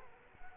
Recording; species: mosquito wingbeat signal from an infrared sensor; Culex quinquefasciatus